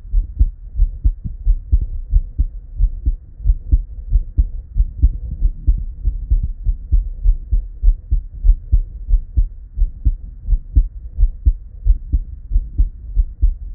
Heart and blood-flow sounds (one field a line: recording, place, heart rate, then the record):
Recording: heart sounds by stethoscope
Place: Erb's point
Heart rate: 93 bpm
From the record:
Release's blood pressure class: normal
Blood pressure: 101/63 mmHg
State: at rest